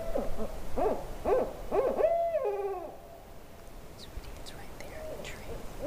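An owl calls with spaced hoots that lead into a long wavering note; softer hoots and faint chirps follow over low rumble.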